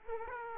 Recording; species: mosquito wingbeat signal from an infrared sensor; Aedes aegypti